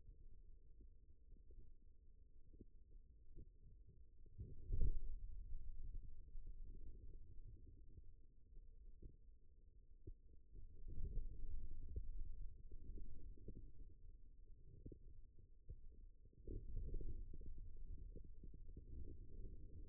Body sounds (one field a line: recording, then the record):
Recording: forearm muscle sounds (acoustic myography)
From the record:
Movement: radial deviation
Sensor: system 2, bracelet of six BSWA MPA416 microphones around the upper forearm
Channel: 6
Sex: male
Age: 22 years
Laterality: right